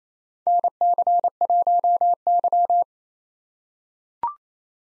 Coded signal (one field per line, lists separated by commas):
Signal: Morse code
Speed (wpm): 28 wpm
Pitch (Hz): 700 Hz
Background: none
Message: NC1Y